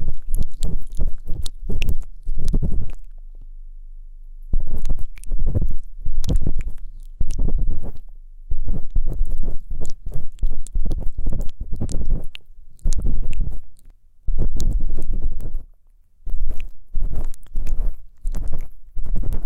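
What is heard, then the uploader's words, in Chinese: Sticky, squelchy cotton-swab ear cleaning sounds come in dense bursts of wet crackles and rubbing, broken by short quiet pauses near four and sixteen seconds. 黏腻腻的棉签助眠掏耳。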